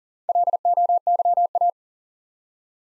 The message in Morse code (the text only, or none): LOYA